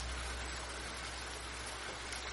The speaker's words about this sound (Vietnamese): Lý chạy vội vào nhà vì mưa mỗi lúc một nặng hạt.